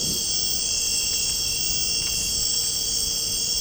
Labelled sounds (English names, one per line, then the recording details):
none
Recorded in dense forest near Puerto Asís, Putumayo, Colombia, on 13 March 2025 at 22:00
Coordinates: 0.467, -76.328
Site G041